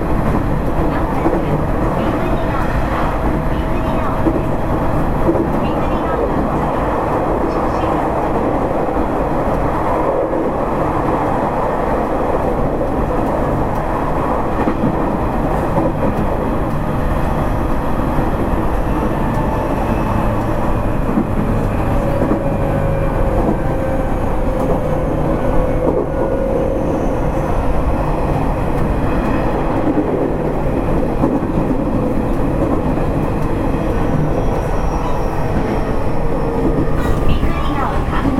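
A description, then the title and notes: A Nishitetsu 3000 series train runs with a steady, dense low rumble and faint whining tones drifting in pitch throughout, levels staying constant. 西鉄3000系 急行 久留米から二日市まで. 西日本鉄道 3000系電車の走行音です。 大牟田線の急行列車で録音しました。 Running noise of Nishitetsu 3000 series train.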